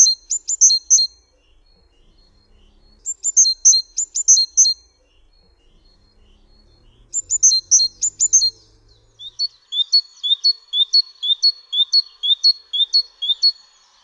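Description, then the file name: Great tit sharp, high chipping notes in quick clusters, then a steady series of bright repeated calls about twice a second. "Sikora bogatka"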